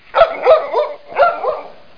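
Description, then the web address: Dog barking, two short bursts of rough barks and yips, each cluster of quick notes about a second apart, with no other sounds. "Chip 2003-07. dog"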